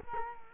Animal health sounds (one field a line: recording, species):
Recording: mosquito wingbeat signal from an infrared sensor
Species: Culex quinquefasciatus